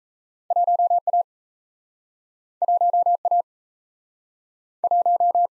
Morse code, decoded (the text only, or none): 1A 1A 1